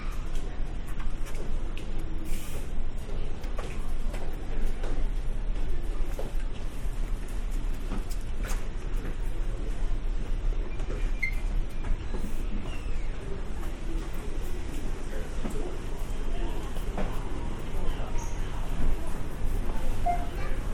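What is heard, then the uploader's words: Shop ambience at W H Smiths, Harrogate: a steady, dense low rumble and murmur runs throughout, scattered with frequent small clicks, taps and knocks. A couple of faint short beeps stand out, around the middle and near the end. W H Smiths, Harrogate. Part of the Sound Map Of Harrogate.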